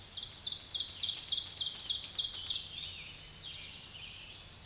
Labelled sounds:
Ovenbird song
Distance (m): 15 m
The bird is about 5 m above the microphone
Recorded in a Pennsylvania forest on 16 May 2024 at 06:33
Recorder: AudioMoth, point MSD-2083
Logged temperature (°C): 16.7 °C
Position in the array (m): 135 m, 5 m

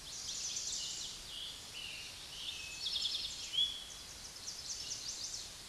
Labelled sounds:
Eastern Towhee song
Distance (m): 40 m
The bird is about 5 m above the microphone
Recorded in a Pennsylvania forest on 16 May 2024 at 06:14
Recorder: AudioMoth, point MSD-2376
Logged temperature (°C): 16.7 °C
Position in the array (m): 110 m, 6 m

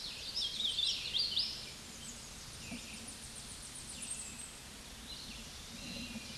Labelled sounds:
Hooded Warbler song
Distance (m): 150 m
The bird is about 30 m above the microphone
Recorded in a Pennsylvania forest on 16 May 2024 at 09:49
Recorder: AudioMoth, point MSD-2107
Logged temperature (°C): 16.1 °C
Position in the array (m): -94 m, 195 m

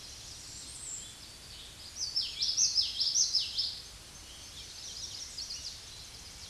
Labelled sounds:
Common Yellowthroat song
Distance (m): 15 m
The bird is about 10 m above the microphone
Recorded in a Pennsylvania forest on 16 May 2024 at 08:34
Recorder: AudioMoth, point MSD-1342
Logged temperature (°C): 15.5 °C
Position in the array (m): 235 m, 177 m

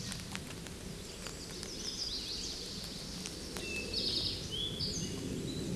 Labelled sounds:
Eastern Towhee song
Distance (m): 30 m
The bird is about 15 m above the microphone
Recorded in a Pennsylvania forest on 16 May 2024 at 08:59
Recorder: AudioMoth, point MSD-2007
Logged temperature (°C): 16.1 °C
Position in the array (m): 54 m, 24 m

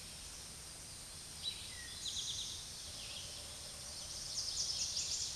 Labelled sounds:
Eastern Towhee song
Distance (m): 35 m
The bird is about 5 m above the microphone
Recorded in a Pennsylvania forest on 16 May 2024 at 06:07
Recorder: AudioMoth, point MSD-2083
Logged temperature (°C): 16.7 °C
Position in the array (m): 109 m, 6 m

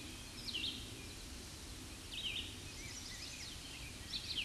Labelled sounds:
Red-eyed Vireo song
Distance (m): 40 m
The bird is about 10 m above the microphone
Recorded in a Pennsylvania forest on 16 May 2024 at 07:13
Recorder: AudioMoth, point MSD-0192
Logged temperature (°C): 16.0 °C
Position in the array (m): 128 m, 53 m

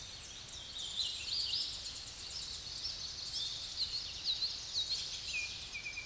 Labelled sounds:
Hooded Warbler song
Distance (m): 65 m
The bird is about 15 m above the microphone
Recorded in a Pennsylvania forest on 16 May 2024 at 07:27
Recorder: AudioMoth, point MSD-0661
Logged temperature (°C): 15.8 °C
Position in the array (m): 10 m, 152 m

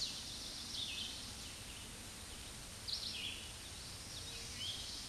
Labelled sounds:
Red-eyed Vireo song
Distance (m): 15 m
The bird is about 10 m above the microphone
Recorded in a Pennsylvania forest on 16 May 2024 at 06:25
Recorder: AudioMoth, point MSD-2304
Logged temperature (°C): 16.0 °C
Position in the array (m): 199 m, 172 m

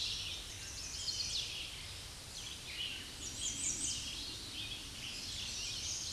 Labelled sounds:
American Redstart song
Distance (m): 55 m
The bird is about 20 m above the microphone
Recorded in a Pennsylvania forest on 16 May 2024 at 06:24
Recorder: AudioMoth, point MSD-2110
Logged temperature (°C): 16.4 °C
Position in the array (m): 32 m, 227 m

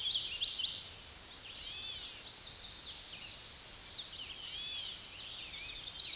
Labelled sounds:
American Redstart song
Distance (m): 50 m
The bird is about 20 m above the microphone
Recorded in a Pennsylvania forest on 16 May 2024 at 06:13
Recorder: AudioMoth, point MSD-2110
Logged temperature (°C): 16.4 °C
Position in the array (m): 38 m, 223 m

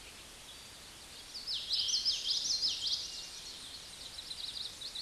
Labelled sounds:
Common Yellowthroat song
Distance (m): 15 m
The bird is about level with the microphone
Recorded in a Pennsylvania forest on 16 May 2024 at 09:08
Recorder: AudioMoth, point MSD-1418
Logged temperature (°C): 16.4 °C
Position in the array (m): 225 m, 186 m

